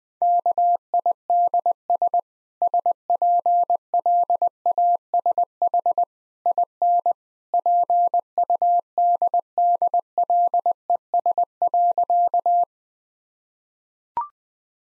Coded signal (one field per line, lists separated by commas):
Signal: Morse code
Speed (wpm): 20 wpm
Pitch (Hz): 700 Hz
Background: none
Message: KIDS SPLASH IN PUDDLES.